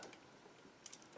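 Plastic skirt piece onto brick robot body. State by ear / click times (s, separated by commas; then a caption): not seated / none. A plastic skirt piece is pushed down onto the body of a brick-built Cybertron Optimus Prime robot, giving a few small, sharp plastic ticks, the loudest around 0.9 s, over a quiet background. The piece has not clipped into place, so nothing has seated yet.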